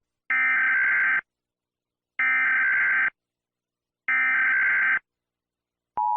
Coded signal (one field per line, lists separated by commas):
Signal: Emergency Alert System (SAME) tones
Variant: header bursts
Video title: EAS SCENARIO 2: The Tornado Outbreak of the Century